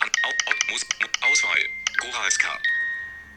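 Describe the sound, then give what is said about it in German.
A tinkly tune from an old music box plays as a phone ringtone for an incoming call, bright plucked high notes ringing and sustaining in a quick melody, with a person talking over much of it. “Das ist meine alte Spieluhr.”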